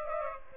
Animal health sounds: mosquito wingbeat signal from an infrared sensor; Aedes aegypti

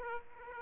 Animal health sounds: mosquito wingbeat signal from an infrared sensor; Aedes aegypti

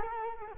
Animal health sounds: mosquito wingbeat signal from an infrared sensor; Culex quinquefasciatus

